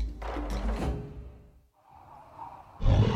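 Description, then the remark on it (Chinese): A deep, rumbling big-cat roar from Xiao Wu, let out with hostility at a woman in white standing across a pit, with a rough, growling texture, lasts about a second and a half, fades into a softer breathy rasp, then a heavy low thump breaks in at the end. “小五突然对着那女人咆哮了一声，似乎有些敌意，展昭微微一个愣神。”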